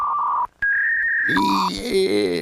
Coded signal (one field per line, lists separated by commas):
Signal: fax machine handshake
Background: speech